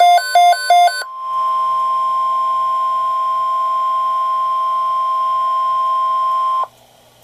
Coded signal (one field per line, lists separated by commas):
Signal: Emergency Alert System (SAME) tones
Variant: 1050 Hz attention tone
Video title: Flash Flood Watches [EAS 437-439 || 2x Header] | NOAA Weather Radio (7/20/2012)